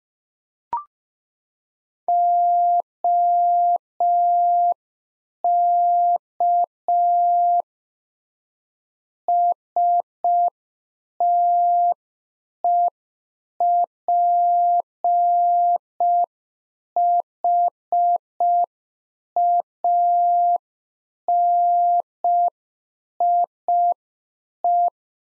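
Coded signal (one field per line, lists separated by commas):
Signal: Morse code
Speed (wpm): 5 wpm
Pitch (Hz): 700 Hz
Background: none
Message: OK STEPHANIE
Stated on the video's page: Practice QSO exchange (rig, antenna, weather) sent in Morse at 5 wpm for head-copy drill.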